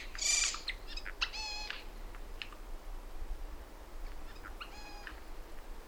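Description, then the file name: Eurasian jay giving a few short, harmonic, nasal call notes with some clicking sounds between them, then a pause and one more similar note near the end. "Garrulus glandarius"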